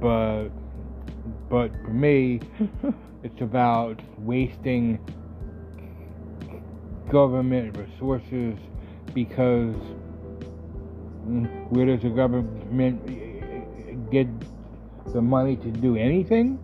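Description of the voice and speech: Adult male speech with a repeated, stretched opening word, drawn-out sounds and long silent blocks mid-sentence, typical of stuttering that has been present since birth, occurs on some words and is sometimes uncontrollable; born by high forceps delivery.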